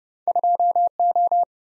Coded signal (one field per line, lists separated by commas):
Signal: Morse code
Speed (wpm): 31 wpm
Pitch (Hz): 700 Hz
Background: none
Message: 2O